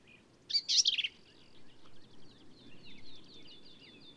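Black-capped vireo song: one short burst of harsh, jumbled high notes, then faint thin chips continuing in the background.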